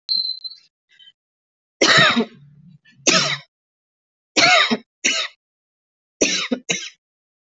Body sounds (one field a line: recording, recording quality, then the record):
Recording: heavy voluntary cough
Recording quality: excellent, no background noise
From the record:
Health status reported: exposed to COVID-19, no respiratory illness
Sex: female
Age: 26 years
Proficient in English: yes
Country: India